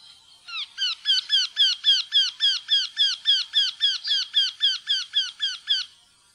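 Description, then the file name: Eurasian wryneck with a long, even series of about twenty nasal, ringing notes, each slightly down-curved, delivered at a brisk steady pace. "vendehals"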